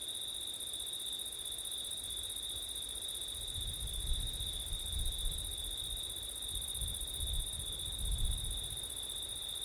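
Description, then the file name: Crickets keep up a continuous high trill while low wind gusts rumble and swell beneath them, rising in bursts around the middle and end. Crickets at night in September, with wind; ORTF microphone setup. "crickets wind september night ortif"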